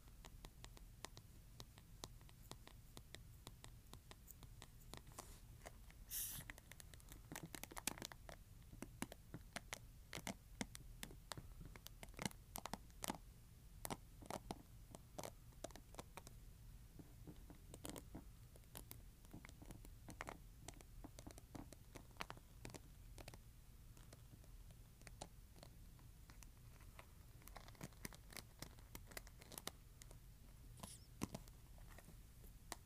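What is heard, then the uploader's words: Dense, irregular scratching of a hairbrush, quick bristly strokes and clicks throughout, over a steady low hum. ASMR Scratching Hairbrush.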